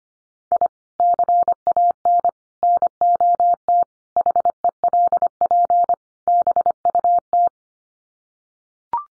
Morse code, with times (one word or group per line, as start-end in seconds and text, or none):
0.5-0.7 I
1.0-2.3 CAN
2.6-3.8 NOT
4.2-5.9 HELP
6.3-7.5 BUT